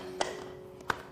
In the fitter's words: few more unlock